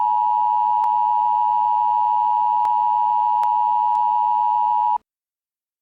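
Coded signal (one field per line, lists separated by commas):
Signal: Emergency Alert System (SAME) tones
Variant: 853 and 960 Hz attention tone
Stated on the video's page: Fictional EAS scenario about a zombie virus outbreak from a lab in British Columbia.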